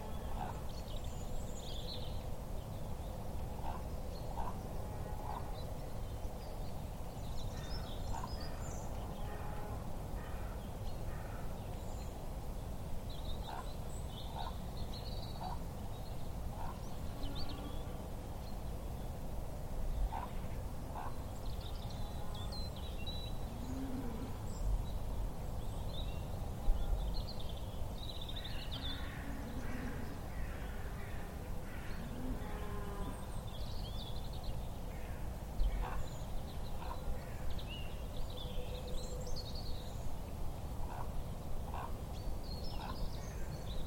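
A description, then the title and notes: Ravens call across winter farmland, their short, hoarse kronks coming in loose bursts throughout, sometimes several in quick succession. A steady low rumble of wind-like noise runs underneath the whole time, with a few brief louder knocks near the middle. Ravens call over the stark winter landscape of farmland in deeply rural Monmouthshire.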